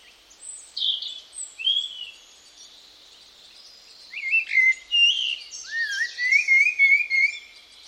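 Bird calls: scattered high whistled chirps, then a livelier run of rapid, sweeping twittered notes in the second half, with quiet gaps between.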